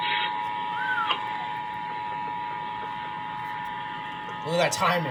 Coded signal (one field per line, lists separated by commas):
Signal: Emergency Alert System (SAME) tones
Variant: 853 and 960 Hz attention tone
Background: speech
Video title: (RARE!) North Carolina Blue Alert/Civil Emergency Message on WSOC-FM and WNKS-FM (EAS 471-472)